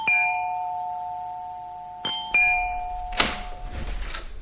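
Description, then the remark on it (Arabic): A doorbell at Mr. Fouad's home rings out with a bright, sustained chime that slowly fades, then sounds twice more in quick succession, followed by a short clatter and rustling noise. “أنا جيت النهاردة للأستاذ فؤاد وضربت الجرس.”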